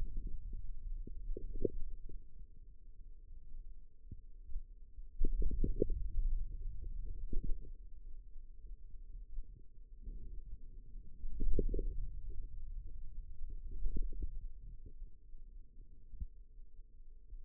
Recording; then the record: forearm muscle sounds (acoustic myography)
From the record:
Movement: hand opening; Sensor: system 2, bracelet of six BSWA MPA416 microphones around the upper forearm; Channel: 4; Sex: male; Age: 22 years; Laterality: right